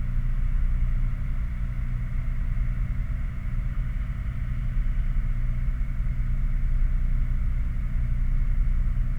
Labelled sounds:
machinery
flare stack
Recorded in the Prudhoe Bay oil fields, Alaska, on 11 August 2019 at 22:19
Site 29

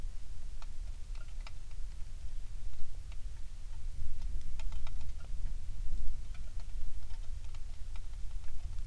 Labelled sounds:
bird
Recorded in the Prudhoe Bay oil fields, Alaska, on 27 July 2019 at 18:24
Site 19

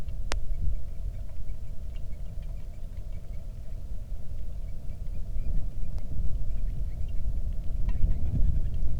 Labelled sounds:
wind
rain
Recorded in the Arctic National Wildlife Refuge, Alaska, on 3 August 2019 at 10:03
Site 46

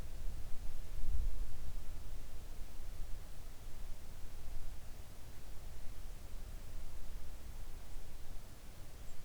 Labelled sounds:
near silence
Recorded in the Arctic National Wildlife Refuge, Alaska, on 3 August 2019 at 06:15
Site 41

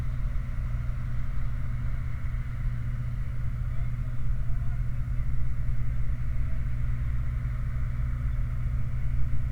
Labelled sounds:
machinery
flare stack
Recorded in the Prudhoe Bay oil fields, Alaska, on 28 July 2019 at 23:27
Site 29

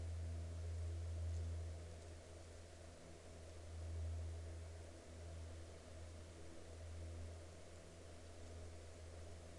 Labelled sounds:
aircraft
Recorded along the Dalton Highway, Alaska, on 14 September 2019 at 13:22
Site 06

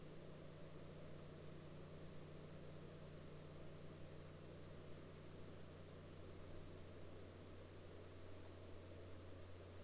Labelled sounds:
man-made sound
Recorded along the Dempster Highway, Canada, on 14 October 2019 at 16:02
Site 13

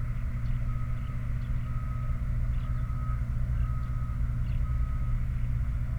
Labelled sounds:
songbird
truck
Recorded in the Prudhoe Bay oil fields, Alaska, on 29 July 2019 at 03:57
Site 29

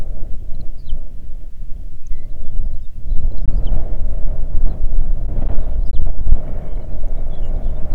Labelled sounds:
songbird
wind
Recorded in the Arctic National Wildlife Refuge, Alaska, on 3 June 2019 at 05:07
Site 37

